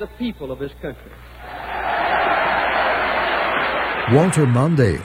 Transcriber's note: cheering